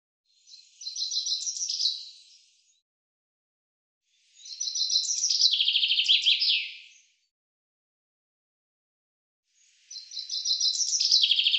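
Common chaffinch song: three bright, rattling phrases of rapid repeated notes descending in pitch, the first two lasting about two to three seconds and the last cut off, separated by silent gaps.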